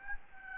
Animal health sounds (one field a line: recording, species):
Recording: mosquito wingbeat signal from an infrared sensor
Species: Aedes albopictus